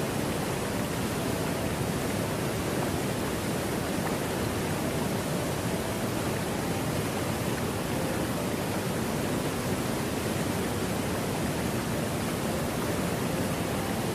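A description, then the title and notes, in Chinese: A waterfall roars in a steady, dense rush, heavy in the low end with a hissing top, unchanging throughout with no separate events. 瀑布聲。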